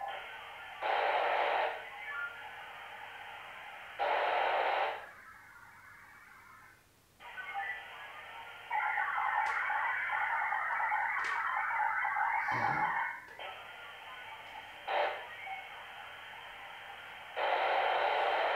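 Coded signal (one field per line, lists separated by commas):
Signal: HF data modem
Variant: VARA HF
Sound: alternating bursts of dense, rushing data hiss, short blocks and one long block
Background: radio static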